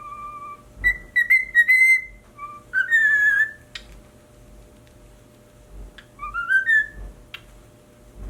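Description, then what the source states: Cockatiel whistling flat held notes that step up in pitch, then a wavering phrase and a later rising whistle, with a few clicks and thumps. Pied cockatiel.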